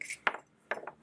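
The spring-held extractor pops out of the metal bolt face of a CBJ-MS submachine gun, released with a sharp metallic hit at 0.3 s. Two more lighter metallic clicks follow at about 0.7 s and 0.9 s.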